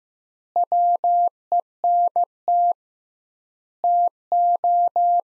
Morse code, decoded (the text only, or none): WENT TO